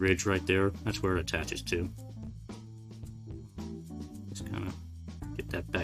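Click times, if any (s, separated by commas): 5.8 s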